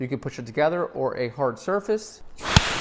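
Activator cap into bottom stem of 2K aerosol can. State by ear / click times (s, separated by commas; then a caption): seated / 2.6 s. Someone talks while a red activator cap is fitted onto the stem at the bottom of a 2K epoxy spray can and pushed against a hard surface. The cap clicks in at 2.6 s and a short hiss of spray escapes as the internal hardener bladder is punctured. The cap is seated, and the can is ready to mix.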